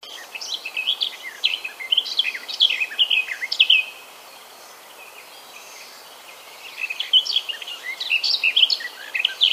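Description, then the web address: Garden warbler song: a rich, hurried warble for about four seconds, a silent gap, then another rapid warbling phrase. "ljud Sylvia borin"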